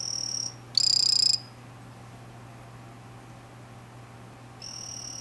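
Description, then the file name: Vanzolini's poison frog giving high, buzzy trilled calls, each under a second long, one cut off at the start and another beginning near the end, over a low steady hum. "Ranitomeya Vanzolinii calling"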